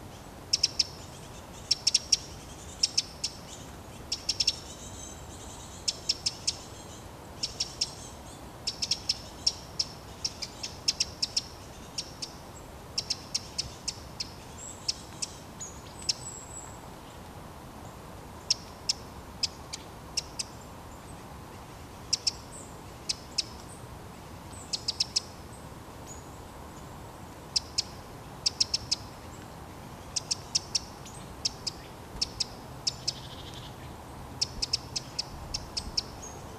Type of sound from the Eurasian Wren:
call